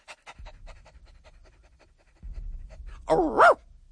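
The dog Garm, out for a walk on a fine night, pants in quick, steady breaths, then a low rumble rises and the dog lets out a short, high, wavering whine near the end.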